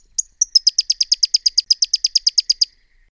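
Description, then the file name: Pyrrhuloxia song: two introductory high notes followed by a fast, steady string of about twenty crisp repeated notes lasting over two seconds. "suara burung pyrrhuloxia omkicau"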